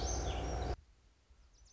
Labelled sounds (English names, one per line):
Lazuli Bunting